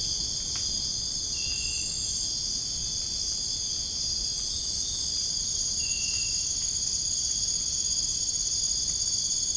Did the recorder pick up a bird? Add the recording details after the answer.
no. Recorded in dense forest near Puerto Asís, Putumayo, Colombia, on 23 June 2025 at 01:30. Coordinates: 0.481, -76.323. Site G072